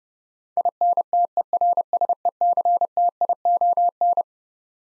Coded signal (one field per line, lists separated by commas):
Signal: Morse code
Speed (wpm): 30 wpm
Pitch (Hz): 700 Hz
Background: none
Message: INTERSECTION